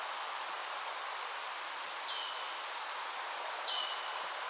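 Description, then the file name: Marsh tit giving two faint calls, each a high note falling to a lower drawn-out tail, under heavy steady hiss. "Poecile palustris"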